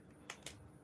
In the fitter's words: that you know makes that popping click sound